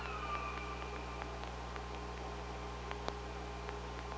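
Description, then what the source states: Killer whale calls: faint tonal whistles with harmonics gliding near the start, then scattered sharp clicks over a steady low underwater hum. Recorded on the OrcaLab hydrophone, 24 August 2017, 05:25:18.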